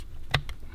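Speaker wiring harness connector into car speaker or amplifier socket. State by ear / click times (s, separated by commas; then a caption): seated / 0.4 s. In a BMW M2 G87 sound system upgrade with Alpha One speakers and woofers, one end of a speaker wiring harness plug is pushed into its mating socket in the car's speaker assembly. A short, sharp plastic click sounds at 0.3 s, followed by a quieter tick at 0.5 s. The connector is seated all the way.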